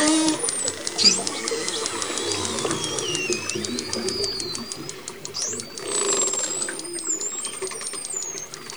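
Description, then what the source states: Dolphins whistling underwater: high, looping and sweeping whistles over dense rapid clicking and bursts of buzzy pulses. Dolphins communicating underwater.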